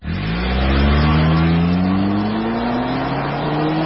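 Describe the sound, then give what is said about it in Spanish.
A car engine revs hard at high RPM, its steady roar rising slowly in pitch with strong harmonic tones, loud and continuous throughout with no voices. “Los motores trabajan altísimas revoluciones por minuto.”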